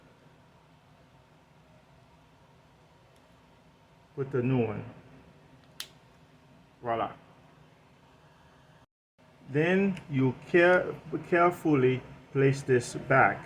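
A new coin cell battery is pressed into the battery holder inside a plastic car key fob, giving a single short, sharp click at 5.8 s. Someone talks before and after the click, and the battery is seated.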